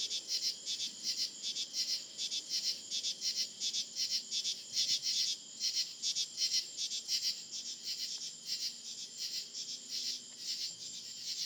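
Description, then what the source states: Insect chorus: high, buzzing pulses throbbing in steady rhythm, roughly one to two beats per second, with many callers overlapping. Recorded in July.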